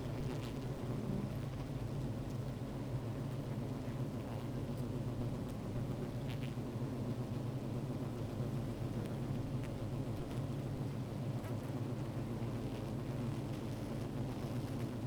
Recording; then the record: honeybee colony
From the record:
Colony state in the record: active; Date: 28 July 2017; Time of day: 15:34